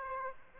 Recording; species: mosquito wingbeat signal from an infrared sensor; Aedes aegypti